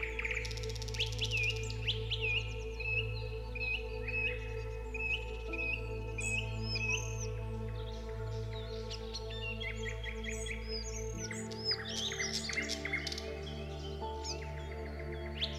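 Busy, bright birdsong chirps and whistles throughout over a steady layer of soft, low sustained music tones, with the deep bass shifting around eleven seconds.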